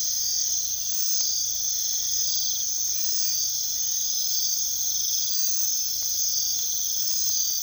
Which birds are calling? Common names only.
none